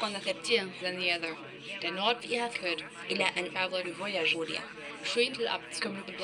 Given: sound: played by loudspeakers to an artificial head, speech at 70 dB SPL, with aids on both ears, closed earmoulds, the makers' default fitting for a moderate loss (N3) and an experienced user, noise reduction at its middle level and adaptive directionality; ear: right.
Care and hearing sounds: speech test signal (ISTS) in cocktail-party noise; +3 dB; on the right (90 degrees)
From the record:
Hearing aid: class 2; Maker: C

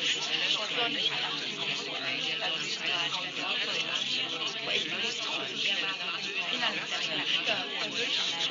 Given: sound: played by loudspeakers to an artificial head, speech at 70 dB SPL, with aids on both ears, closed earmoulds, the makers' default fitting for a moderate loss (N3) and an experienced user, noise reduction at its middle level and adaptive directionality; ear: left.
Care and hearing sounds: speech test signal (ISTS) in cocktail-party noise; -6 dB; in front (0 degrees)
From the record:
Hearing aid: class 1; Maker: G

